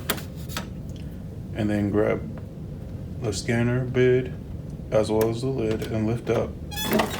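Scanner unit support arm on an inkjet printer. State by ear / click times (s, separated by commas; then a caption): not seated / none. The plastic scanner unit and lid of an inkjet printer are grabbed and lifted open, with a few short handling knocks near the start while someone talks throughout. The scanner unit's support arm has not clicked into place yet; nothing has seated by the end of the clip.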